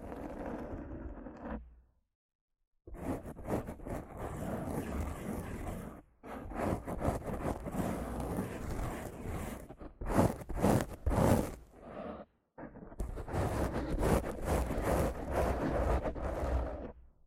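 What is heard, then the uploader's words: Rough scratching and brushing on a microphone makes a dense, rasping texture with a low rumble under bright hiss. Passages break off into brief silence near 2, 6 and 12 seconds, and louder, sharp strokes come in quick bursts around 10 to 11 seconds. ASMR Rough Mic Scratching & Brushing (No Talking).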